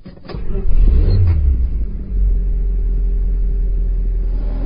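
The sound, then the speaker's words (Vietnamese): A car engine cranks and catches, swelling into a loud low roar for a second, then settling into a steady, rumbling idle that continues to the end. “Giữa tiếng động cơ kêu ầm ĩ, Thái Vĩ lại nắm chặt vô lăng suy tư.”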